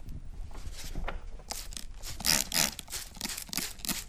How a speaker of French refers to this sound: Donc une fois que j'ai coupé mes feuilles, je les humidifie légèrement.